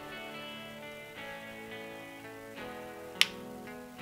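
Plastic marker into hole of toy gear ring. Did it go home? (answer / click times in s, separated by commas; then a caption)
yes / 3.2 s. A plastic marker is pressed into one of the holes of a toy gear ring while guitar music plays throughout. A sharp click at 3.2 s shows the marker snapping into the hole and seating.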